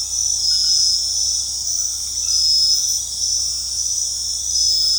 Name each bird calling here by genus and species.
none